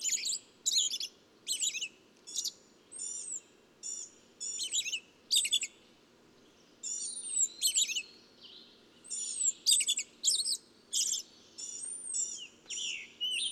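Bird song: high chirps and twitters in bursts with short pauses, mixed with thin sliding whistles, over a soft low background rumble.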